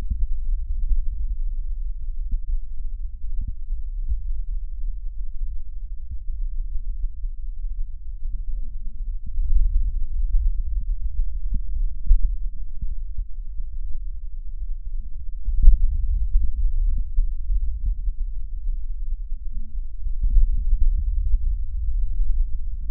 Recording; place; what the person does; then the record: lung sounds by stethoscope; right posterior apical chest; quiet breathing, then deep breathing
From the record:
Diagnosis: COPD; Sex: female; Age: 80 years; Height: 160 cm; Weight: 62 kg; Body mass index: 24.2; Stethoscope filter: bell mode